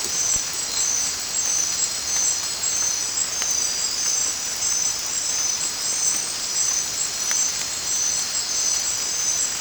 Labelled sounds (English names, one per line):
none